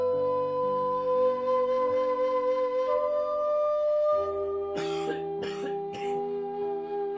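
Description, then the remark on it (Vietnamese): A person reading aloud coughs three sharp times in quick succession, roughly evenly spaced, over a steady, sustained musical drone that plays throughout. “Chắc tại trong quá trình đọc Lát ho nhiều quá, vì vậy mà chắc nó không có khớp nữa.”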